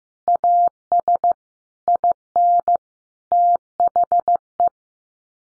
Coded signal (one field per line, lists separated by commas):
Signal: Morse code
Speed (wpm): 15 wpm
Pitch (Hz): 700 Hz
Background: none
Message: AS IN THE